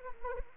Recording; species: mosquito wingbeat signal from an infrared sensor; Anopheles arabiensis